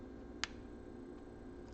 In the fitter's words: that click that means it's hitting the the board